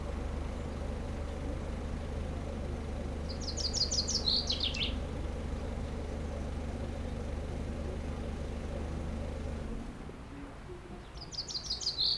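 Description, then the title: Common chaffinch song: two rattling, descending trilled phrases separated by a long pause, the second cut off at the end, over a low engine hum that stops shortly before the second phrase. Single chaffinch singing in a tree while preening near a car park at Aix-les-Bains, France; Sierroz river faintly behind. "30 Rue Eugène Fert, Aix-les-Bains, France - Pinson des arbres"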